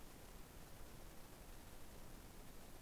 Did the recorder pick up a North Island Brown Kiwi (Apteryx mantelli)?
no